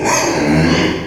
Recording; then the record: squeal of a Yucatan mini pig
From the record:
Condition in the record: before surgery on the right vocal fold (resection and tissue-engineered implant); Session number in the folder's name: 1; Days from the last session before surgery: -3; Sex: male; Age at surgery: 12 weeks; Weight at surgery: 13 kg